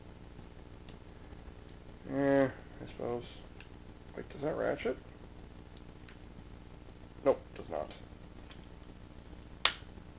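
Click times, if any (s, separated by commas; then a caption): 9.7 s. Someone talks while a plastic toy leg joint is folded, and the joint turns out not to ratchet. After a stretch of quiet handling, one sharp click at 9.7 s marks the joint seating into its fold stop.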